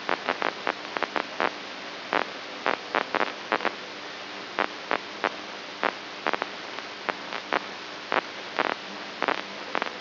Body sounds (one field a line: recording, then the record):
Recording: brain microelectrode recording played as sound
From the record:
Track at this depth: inside the subthalamic nucleus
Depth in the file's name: 4.715 mm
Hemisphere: right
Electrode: 2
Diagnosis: Parkinson's disease